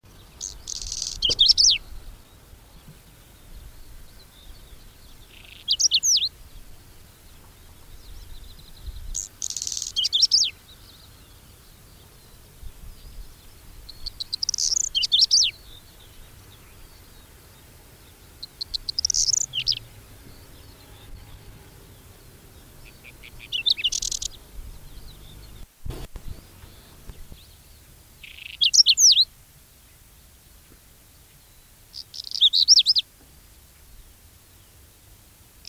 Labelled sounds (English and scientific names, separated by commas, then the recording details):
Whinchat (Saxicola rubetra) song
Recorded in the wild
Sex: male
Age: adult
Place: Neunkirchen am Brand, Bayern, DE
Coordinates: 49.6036, 11.1381
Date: 1964-06-20
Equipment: Nagra, Original, Vollspur
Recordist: Tretzel, Erwin